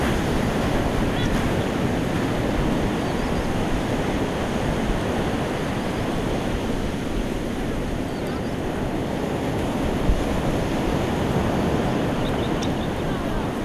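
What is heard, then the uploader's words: The sea roars in a dense, steady wash of surf, heavy in the low end and holding an even loudness throughout with no distinct breaking wave standing out. Wind rumbles against the microphone underneath, and a few faint higher chirps surface around the middle and near the end. The sea in Hualian, Taiwan.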